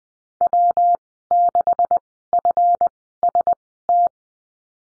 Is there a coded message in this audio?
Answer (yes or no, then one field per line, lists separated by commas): yes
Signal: Morse code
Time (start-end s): 0.4-4.1 s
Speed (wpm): 20 wpm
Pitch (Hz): 700 Hz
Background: none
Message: W6FST